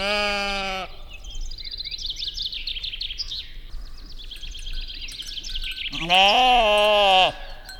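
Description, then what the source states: Sheep bleating twice, a short bleat at the start and a louder quavering one near the end, with twittering birdsong between. Sheep in summer.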